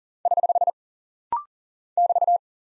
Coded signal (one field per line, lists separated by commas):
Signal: Morse code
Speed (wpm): 39 wpm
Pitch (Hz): 700 Hz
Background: none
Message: <HH> <BT>